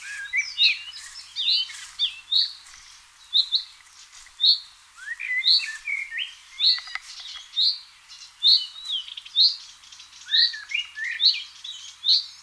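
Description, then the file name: Common chaffinch giving sharp high call notes at about one-second intervals, with softer overlapping chirps between them. "Fringilla coelebs"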